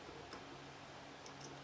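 A cheap two-euro wrench is turned on a nut of a ZJ4110 drill press while tightening its nuts and bolts. Two light ticks are heard at 0.3 s and 1.3 s over a steady low hum. The wrench is stripped and slips instead of tightening.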